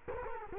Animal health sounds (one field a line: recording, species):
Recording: mosquito wingbeat signal from an infrared sensor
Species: Culex quinquefasciatus